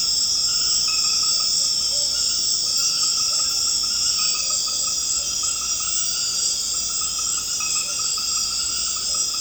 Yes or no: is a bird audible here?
no